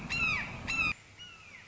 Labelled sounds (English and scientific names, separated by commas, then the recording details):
Red-shouldered Hawk (Buteo lineatus)
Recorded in Sonoma County, California